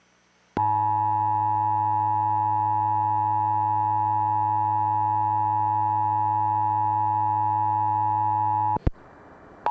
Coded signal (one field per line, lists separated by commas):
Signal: Emergency Alert System (SAME) tones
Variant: 853 and 960 Hz attention tone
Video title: EAS Required Monthly Test (IDEA/ONICS) (2007)